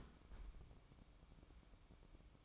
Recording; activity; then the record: daily activity, microphone in the room; close fridge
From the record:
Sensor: 1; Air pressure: 1007.8 hPa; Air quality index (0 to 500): 103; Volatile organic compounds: 1 ppm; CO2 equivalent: 877 ppm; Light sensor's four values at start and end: 12/28/12/13 and 12/28/12/13